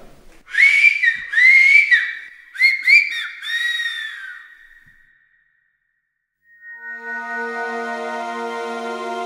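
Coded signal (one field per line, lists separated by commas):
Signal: whistled language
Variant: Silbo Gomero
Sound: several loud gliding whistled phrases around 2 kHz, then a steady buzzy tone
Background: classroom room sound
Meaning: Okay, okay, I'm going over there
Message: bueno bueno voy allá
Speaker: bien Cristian contéstale bueno bueno voy allá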